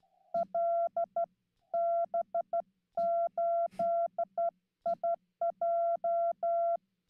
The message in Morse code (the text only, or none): LB8IJ